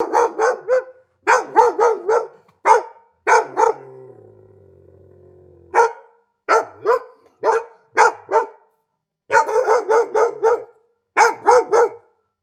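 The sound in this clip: Dog barking in quick bursts of one to several sharp barks, broken by a pause with a low hum around the fourth and fifth seconds, then barking resumes in similar clusters.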